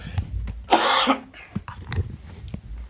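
A single forceful cough from an adult woman, lasting about half a second, stands out against quiet room sound, with a few faint clicks and soft noises before and after. It is one isolated cough with no wheeze or rattle.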